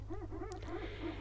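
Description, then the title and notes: Common murre calls: a series of short, low, bowed notes with fainter higher overtones and a brief hissing burst in the middle. "Viikon luontoääni: Etelänkiisla. Pertti Koskimies"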